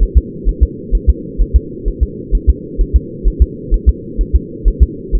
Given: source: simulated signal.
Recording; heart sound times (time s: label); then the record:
fetal heart sounds
0.03 s: S1
0.18 s: S2
0.49 s: S1
0.63 s: S2
0.95 s: S1
1.09 s: S2
1.42 s: S1
1.56 s: S2
1.88 s: S1
2.03 s: S2
2.35 s: S1
2.50 s: S2
2.81 s: S1
2.96 s: S2
3.28 s: S1
3.42 s: S2
3.74 s: S1
3.89 s: S2
4.21 s: S1
4.36 s: S2
4.68 s: S1
4.83 s: S2
5.15 s: S1
From the record:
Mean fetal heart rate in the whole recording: 130 bpm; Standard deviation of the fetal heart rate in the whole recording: 2 bpm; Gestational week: 36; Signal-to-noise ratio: -4.1 dB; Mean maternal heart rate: no maternal heart sound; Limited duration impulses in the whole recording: absent